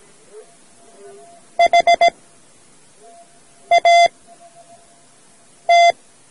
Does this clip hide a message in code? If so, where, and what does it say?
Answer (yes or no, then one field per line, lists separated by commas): yes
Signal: Morse code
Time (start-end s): 1.6-5.9 s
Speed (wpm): 17 wpm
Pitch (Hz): 690 Hz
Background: none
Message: HAT